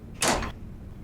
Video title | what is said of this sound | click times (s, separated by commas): Carryall Transporter XL ADA compliant utility vehicle - Operational Video | listen for the audible click as the ramp reaches its full upright position | 0.2 s